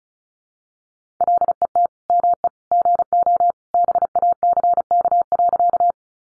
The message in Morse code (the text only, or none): LET ME GO BACK.